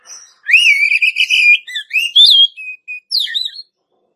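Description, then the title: Oriental magpie-robin singing one rich whistled phrase: a long steady note, then rising and dipping slurs, short flat notes and a final sharp downslur. "Kacer"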